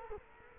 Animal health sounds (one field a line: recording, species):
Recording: mosquito wingbeat signal from an infrared sensor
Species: Culex quinquefasciatus